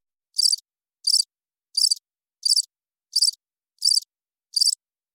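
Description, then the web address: Cricket chirping: seven short, very high, dry pulsed chirps, each a fraction of a second long, repeated about every two-thirds of a second against silence. Single chirp. "sound-effects-bible Cricket Single Chirp"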